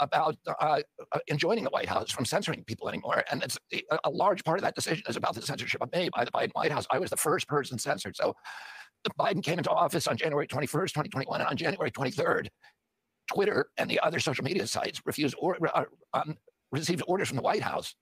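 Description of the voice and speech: A man speaks fluently in connected phrases, but his voice is strained, creaky and gravelly, with rough, effortful voicing through much of the passage. This fits spasmodic dysphonia, a neurological voice disorder in which the vocal cords involuntarily tighten, here caused by an injury in 1996.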